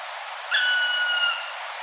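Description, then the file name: Black Woodpecker voicing one drawn-out ringing call that falls slightly in pitch and lasts about 0.8 seconds, over a low continuous hiss. "kumagera"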